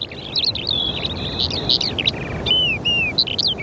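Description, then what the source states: Eurasian skylark song: a high, rapid stream of chirps, trills and slurred whistles over a soft background hiss. Summer song on low-lying islands off the west coast of Ireland; the small bird sings high in the sky and is hard to spot; grassland degraded by coastal erosion, climate change and overgrazing.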